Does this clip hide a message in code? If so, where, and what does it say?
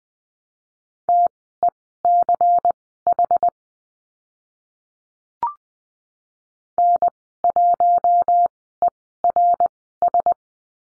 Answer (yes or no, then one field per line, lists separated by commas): yes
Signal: Morse code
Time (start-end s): 1.1-10.3 s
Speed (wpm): 20 wpm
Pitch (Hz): 700 Hz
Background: none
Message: TECH N1ERS